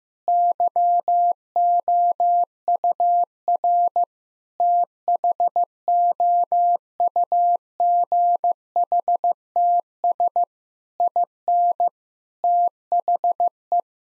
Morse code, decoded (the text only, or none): YOUR THOUGHTS IN THE